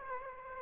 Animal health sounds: mosquito wingbeat signal from an infrared sensor; Aedes aegypti

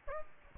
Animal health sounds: mosquito wingbeat signal from an infrared sensor; Aedes albopictus

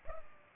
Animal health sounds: mosquito wingbeat signal from an infrared sensor; Culex pipiens

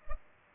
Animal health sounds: mosquito wingbeat signal from an infrared sensor; Culex pipiens

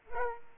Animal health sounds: mosquito wingbeat signal from an infrared sensor; Culex pipiens

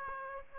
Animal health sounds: mosquito wingbeat signal from an infrared sensor; Aedes aegypti

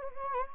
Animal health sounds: mosquito wingbeat signal from an infrared sensor; Anopheles gambiae

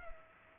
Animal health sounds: mosquito wingbeat signal from an infrared sensor; Culex pipiens

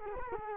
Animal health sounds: mosquito wingbeat signal from an infrared sensor; Culex quinquefasciatus

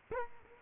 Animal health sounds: mosquito wingbeat signal from an infrared sensor; Culex quinquefasciatus

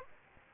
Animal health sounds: mosquito wingbeat signal from an infrared sensor; Aedes aegypti

